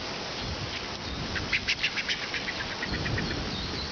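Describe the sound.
Brown booby calling with a short burst of several nasal, quacking honks in quick succession over a steady background of rushing noise.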